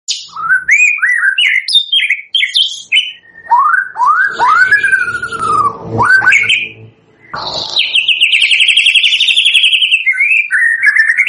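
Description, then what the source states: White-rumped shama song: downslurred whistles and swooping phrases, then a long buzzy sustained trill near the end, with a faint low hum. Lure song used for bird trapping (pikat).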